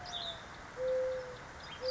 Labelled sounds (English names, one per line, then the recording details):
Mourning Dove
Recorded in Sonoma County, California